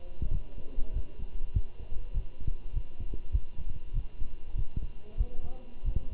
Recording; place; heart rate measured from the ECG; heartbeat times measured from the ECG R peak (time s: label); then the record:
heart sounds by stethoscope; between the tricuspid and mitral areas; 98 bpm
0.32 s: heartbeat
0.94 s: heartbeat
1.54 s: heartbeat
2.15 s: heartbeat
2.74 s: heartbeat
3.33 s: heartbeat
3.94 s: heartbeat
4.56 s: heartbeat
5.18 s: heartbeat
5.85 s: heartbeat
From the record:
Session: walking at 3.7 km/h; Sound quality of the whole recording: good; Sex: male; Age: 23 years